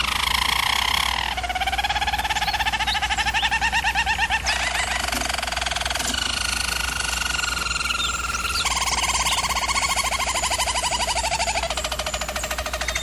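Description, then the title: German Roller canary song, continuous rolling trills in repeated tours stepping between pitches every few seconds, with low background hum. Canary training recording of a German Roller canary singing. "German Roller Canary Singing - Canary Training Vid"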